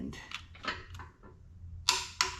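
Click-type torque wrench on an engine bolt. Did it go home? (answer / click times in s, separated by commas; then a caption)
yes / 1.9 s, 2.2 s. A bolt on an engine is tightened with a click-type torque wrench set to 50 foot-pounds, with a few softer mechanical ticks and rustles during the first second. The wrench gives two sharp clicks at 1.9 s and 2.2 s as it reaches its 50 foot-pound setting, confirming the bolt is torqued.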